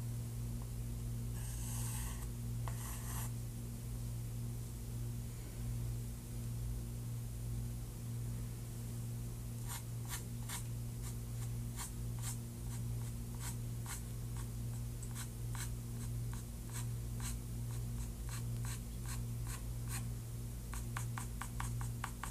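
Pencil sketching over a steady low hum. Two longer scratchy strokes come early, around the second and third seconds, then after a quiet stretch quick, short strokes start near the ten-second mark and repeat in bursts, growing faster and denser toward the end.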